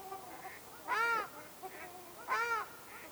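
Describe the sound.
Ruddy shelduck giving two loud, nasal honking calls about a second and a half apart, with softer shorter calls in between.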